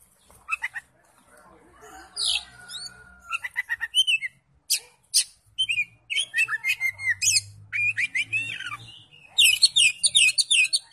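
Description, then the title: Oriental magpie-robin song: a rich, varied run of sharp chirps, whistled slurs and rapid trills, phrases tumbling one after another with brief gaps. "Kacer"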